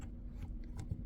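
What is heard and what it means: A removable clip-on piece of a Milwaukee M12 3/8 cordless ratchet is handled and pushed back toward the ratchet body, giving faint scraping and a couple of short ticks near 0.6 and 0.8 seconds. Nothing has seated or clicked into place yet; the clip ends just before the part goes home.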